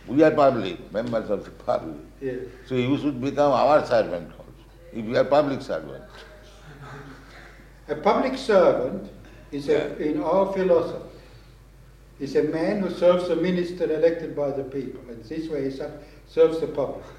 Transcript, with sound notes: We are public, members of the public. So you should become our servant also, if you are public servant. [laughter]
A public servant is, in our philosophy, is a man who serves a minister elected by the people, and this way he serves the public.